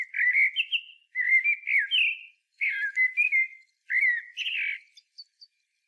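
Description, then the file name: Common blackbird singing flute-like warbled phrases in quick succession, the last followed by a few faint high squeaks. "Turdus merula"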